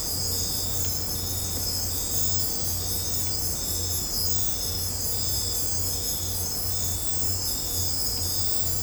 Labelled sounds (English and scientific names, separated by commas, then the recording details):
none
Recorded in dense forest near Puerto Asís, Putumayo, Colombia, on 26 December 2024 at 01:30
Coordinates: 0.503, -76.323
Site G043